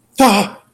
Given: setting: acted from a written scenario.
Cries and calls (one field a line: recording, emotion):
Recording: vocal sound without words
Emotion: negative surprise